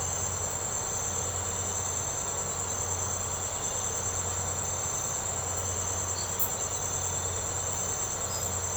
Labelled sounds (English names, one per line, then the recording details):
none
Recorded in secondary vegetation near Puerto Asís, Putumayo, Colombia, on 21 March 2025 at 04:30
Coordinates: 0.468, -76.324
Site G059